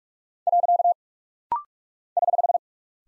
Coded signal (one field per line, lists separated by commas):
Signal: Morse code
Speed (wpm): 42 wpm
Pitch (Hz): 700 Hz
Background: none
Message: . <HH>